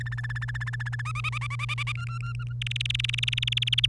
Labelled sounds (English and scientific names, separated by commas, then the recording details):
Domestic Canary (Serinus canaria) song
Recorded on 1 May 2018 at 05:45
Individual llb3